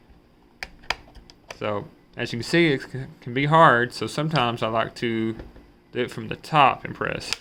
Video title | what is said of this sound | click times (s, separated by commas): Metaverse Make - How to Install the FrankenQuest 2 or DAS for Oculus Quest 2 | and you want to take your index finger and your thumb squeeze here and you want to press here it locks into place | 0.6 s, 0.9 s